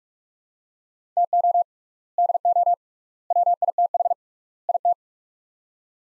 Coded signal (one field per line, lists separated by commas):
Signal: Morse code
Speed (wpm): 46 wpm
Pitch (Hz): 700 Hz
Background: none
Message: TO DO WITH IT